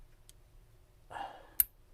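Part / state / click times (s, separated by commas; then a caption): key spring into clarinet key mechanism / seated / 1.6 s. A small needle spring on a clarinet key is worked back into its seat on the metal key post after it had not seated correctly before. A faint tick and a soft rustle of handling come first, then a sharp, loud snap at 1.6 s as the spring seats correctly.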